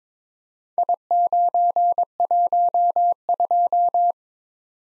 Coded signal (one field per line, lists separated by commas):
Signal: Morse code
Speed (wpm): 22 wpm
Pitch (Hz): 700 Hz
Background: none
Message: I912